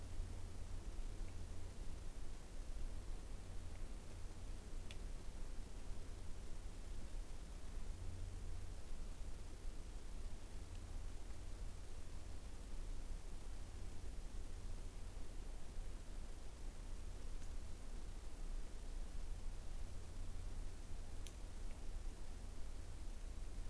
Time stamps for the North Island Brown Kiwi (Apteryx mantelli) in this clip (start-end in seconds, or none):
none